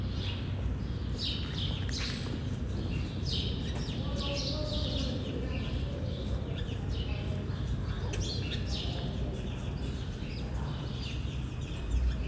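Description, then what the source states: Birds chirping, many short high notes repeated rapidly throughout over a steady low background rumble. At a train station.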